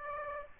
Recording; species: mosquito wingbeat signal from an infrared sensor; Aedes aegypti